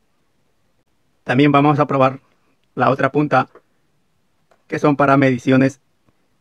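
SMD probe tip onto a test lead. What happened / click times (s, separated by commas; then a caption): Handled, not yet home: no seating click heard / none. A test tip for SMD circuit measurements is being handled to push onto a Fluke TL71 test lead while someone talks in three bursts, with two faint brief ticks near 4.5 s and 6.1 s. Nothing has seated or clicked yet.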